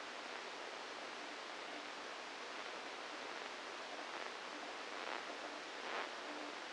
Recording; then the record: brain microelectrode recording played as sound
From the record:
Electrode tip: inside the subthalamic nucleus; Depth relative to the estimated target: -1 mm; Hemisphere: left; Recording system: NeuroSet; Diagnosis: Parkinson's disease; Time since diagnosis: 27 years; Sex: male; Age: 62 years